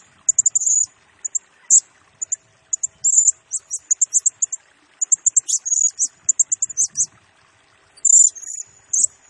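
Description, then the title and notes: Blue-crowned hanging parrot pouring out rapid, very high ticking and squeaky notes in dense bursts, briefly pausing near the end before a longer shrill squeal. Used as a lure and for training, provoking other birds; the singing bird is in full voice (gacor) and fires rapid bursts (nembak). "Burung Serindit Nembak Gacor Bikin Emosi Semua Burung. Suara Nasteran Dan Pemikat Burung Serinditan Gacor"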